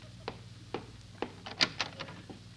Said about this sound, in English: Open the door, will you, to the waiting room? Well, all right.